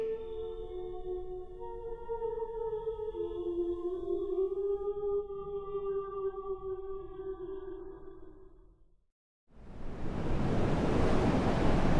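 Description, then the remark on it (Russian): A sustained, wavering tonal drone fades into a brief silence, then a sudden loud, cold gust of wind roars into a hut as a steady, broad rushing whoosh that carries on to the end, turning everything upside down. “Разбудил Яцека порыв ветра, который ворвался в хату, перевернул все вверх дном и холодом ударил мужчине под ребра”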